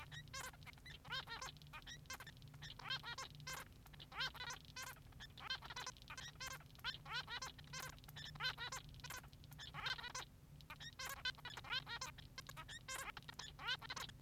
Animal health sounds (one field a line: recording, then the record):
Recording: song of a male Bengalese finch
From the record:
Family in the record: son of father 3